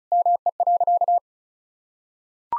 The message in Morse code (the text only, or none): ME.